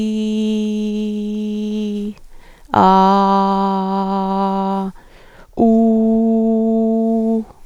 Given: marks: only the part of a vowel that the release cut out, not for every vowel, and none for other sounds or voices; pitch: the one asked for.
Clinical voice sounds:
sustained vowels; female; 60 to 69 years
0.00-1.85 s: vowel /i/, normal pitch
3.27-4.71 s: vowel /a/, normal pitch
6.02-7.16 s: vowel /u/, normal pitch
From the record:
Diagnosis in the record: functional dysphonia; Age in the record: 61 years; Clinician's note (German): Leichte Form

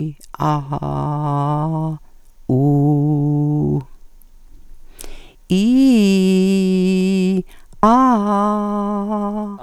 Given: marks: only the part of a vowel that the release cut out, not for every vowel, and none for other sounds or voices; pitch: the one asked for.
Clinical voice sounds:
sustained vowels; female; 70 to 79 years
0.47-1.82 s: vowel /a/, low pitch
2.52-3.74 s: vowel /u/, low pitch
5.54-7.30 s: vowel /i/, low-high-low pitch
7.86-9.28 s: vowel /a/, low-high-low pitch
From the record:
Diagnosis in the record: recurrent laryngeal nerve paralysis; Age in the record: 75 years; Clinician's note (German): Strumiprive li mit guter Kompensation

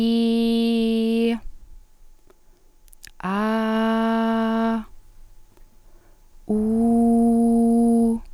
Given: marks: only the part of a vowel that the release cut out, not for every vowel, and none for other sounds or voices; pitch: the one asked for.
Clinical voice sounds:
sustained vowels; female; 20 to 29 years
0.00-1.24 s: vowel /i/, normal pitch
3.35-4.67 s: vowel /a/, normal pitch
6.66-8.03 s: vowel /u/, normal pitch
From the record:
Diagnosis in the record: healthy voice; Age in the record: 24 years

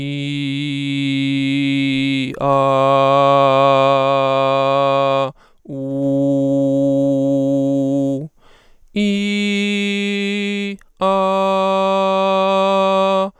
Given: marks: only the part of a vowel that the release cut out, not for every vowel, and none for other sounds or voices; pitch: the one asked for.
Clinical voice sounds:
sustained vowels; male; 30 to 39 years
0.00-2.10 s: vowel /i/, normal pitch
2.63-5.01 s: vowel /a/, normal pitch
5.95-8.09 s: vowel /u/, normal pitch
9.01-10.64 s: vowel /i/, high pitch
11.21-13.10 s: vowel /a/, high pitch
From the record:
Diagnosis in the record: mutational falsetto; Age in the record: 34 years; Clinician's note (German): Verlaufskontrolle vor Abschluß der Therapie

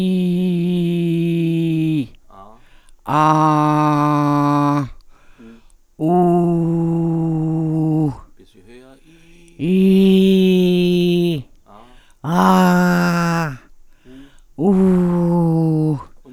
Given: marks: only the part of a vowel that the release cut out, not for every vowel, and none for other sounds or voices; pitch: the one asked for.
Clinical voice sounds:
sustained vowels; female; 70 to 79 years
0.00-1.88 s: vowel /i/, normal pitch
3.34-4.69 s: vowel /a/, normal pitch
6.25-7.88 s: vowel /u/, normal pitch
9.77-11.23 s: vowel /i/, high pitch
12.43-13.35 s: vowel /a/, high pitch
14.73-15.85 s: vowel /u/, high pitch
From the record:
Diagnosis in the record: intubation injury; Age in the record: 70 years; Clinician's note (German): Zustand danach, stroboskopisch unregelmäßiges Schwingungsbild

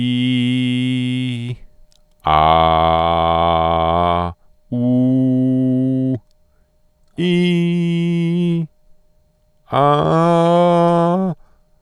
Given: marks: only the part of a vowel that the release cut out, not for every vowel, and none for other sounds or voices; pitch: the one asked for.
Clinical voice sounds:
sustained vowels; male; 30 to 39 years
0.00-1.30 s: vowel /i/, normal pitch
2.53-4.12 s: vowel /a/, normal pitch
5.24-6.08 s: vowel /u/, normal pitch
7.26-8.53 s: vowel /i/, high pitch
9.82-11.21 s: vowel /a/, high pitch
From the record:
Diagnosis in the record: healthy voice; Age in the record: 38 years

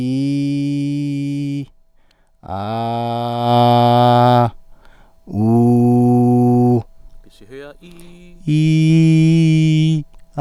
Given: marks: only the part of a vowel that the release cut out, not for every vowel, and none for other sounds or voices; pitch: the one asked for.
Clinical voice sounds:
sustained vowels; male; 30 to 39 years
0.00-1.53 s: vowel /i/, normal pitch
2.71-4.20 s: vowel /a/, normal pitch
5.45-6.72 s: vowel /u/, normal pitch
8.57-9.89 s: vowel /i/, high pitch
From the record:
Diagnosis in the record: healthy voice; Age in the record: 34 years

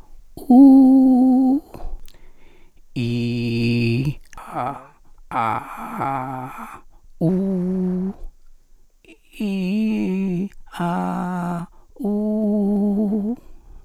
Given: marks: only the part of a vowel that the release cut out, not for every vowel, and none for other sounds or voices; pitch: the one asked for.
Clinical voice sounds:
sustained vowels; male; 70 to 79 years
0.69-1.35 s: vowel /u/, high pitch
3.05-3.97 s: vowel /i/, low pitch
5.44-6.39 s: vowel /a/, low pitch
7.34-8.00 s: vowel /u/, low pitch
9.50-10.31 s: vowel /i/, low-high-low pitch
10.85-11.54 s: vowel /a/, low-high-low pitch
12.14-13.18 s: vowel /u/, low-high-low pitch
From the record:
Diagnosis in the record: recurrent laryngeal nerve paralysis, presbyphonia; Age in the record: 77 years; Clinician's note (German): Links, nach Strumektomie bei beginnender vox senilis

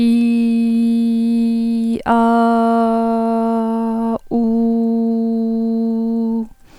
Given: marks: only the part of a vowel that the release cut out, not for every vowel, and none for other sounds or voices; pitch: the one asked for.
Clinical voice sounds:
sustained vowels; female; 90 to 99 years
0.00-1.93 s: vowel /i/, normal pitch
2.13-4.12 s: vowel /a/, normal pitch
4.39-6.37 s: vowel /u/, normal pitch
From the record:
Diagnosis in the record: hyperfunctional dysphonia, dysodia (singing voice disorder); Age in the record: 90 years or older

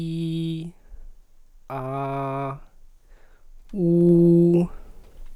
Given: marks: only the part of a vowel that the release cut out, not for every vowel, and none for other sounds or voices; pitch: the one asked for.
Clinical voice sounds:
sustained vowels; male; 20 to 29 years
0.00-0.53 s: vowel /i/, normal pitch
1.82-2.44 s: vowel /a/, normal pitch
3.86-4.55 s: vowel /u/, normal pitch
From the record:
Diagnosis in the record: healthy voice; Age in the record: 20 years

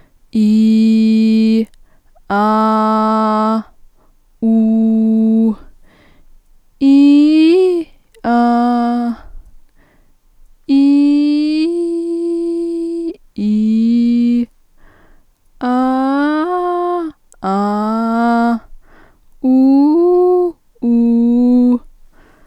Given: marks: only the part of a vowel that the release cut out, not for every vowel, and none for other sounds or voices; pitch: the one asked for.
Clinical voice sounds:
sustained vowels; female; 20 to 29 years
0.42-1.16 s: vowel /i/, low pitch
2.36-2.91 s: vowel /a/, low pitch
4.79-5.41 s: vowel /u/, low pitch
10.85-14.20 s: vowel /i/, low-high-low pitch
15.75-18.37 s: vowel /a/, low-high-low pitch
19.51-21.65 s: vowel /u/, low-high-low pitch
From the record:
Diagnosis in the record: healthy voice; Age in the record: 20 years

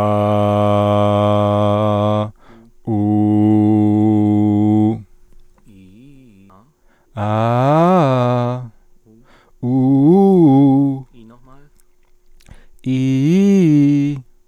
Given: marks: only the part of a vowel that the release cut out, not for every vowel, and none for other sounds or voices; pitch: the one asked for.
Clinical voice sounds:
sustained vowels; male; 30 to 39 years
0.55-2.19 s: vowel /a/, low pitch
3.42-4.77 s: vowel /u/, low pitch
7.24-8.56 s: vowel /a/, low-high-low pitch
9.71-10.79 s: vowel /u/, low-high-low pitch
12.93-14.09 s: vowel /i/, low-high-low pitch
From the record:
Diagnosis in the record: stuttering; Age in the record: 31 years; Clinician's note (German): Stimmlippen ohne Befund

